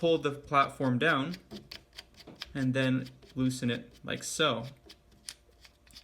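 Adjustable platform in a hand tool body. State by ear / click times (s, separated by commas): not seated / none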